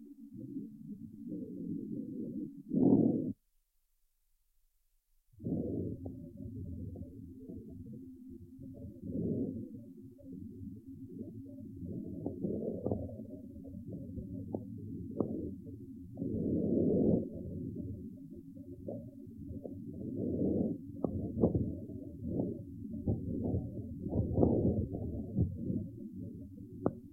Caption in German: Auskultationsbefunde bei lungengesunden Pferden. Gesunden, erwachsenen Pferden ist das nur inspiratorisch hörbare, leise, vesikuläre Atemgeräusch oft von Stör- oder Darmgeräuschen überlagert und bei flacher Atmung kaum hörbar.